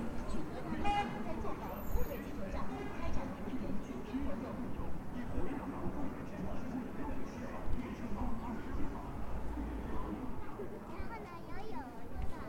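A busy pedestrian street in Shenyang's Zhongjie district, filled with a dense, constant murmur of many overlapping voices. A low rumble of traffic sits underneath throughout, with occasional brief brighter sounds, such as a short high tone near the start and a rising chirp toward the end.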